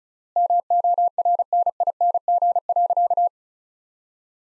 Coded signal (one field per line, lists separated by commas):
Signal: Morse code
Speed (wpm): 34 wpm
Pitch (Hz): 700 Hz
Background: none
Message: MORNING.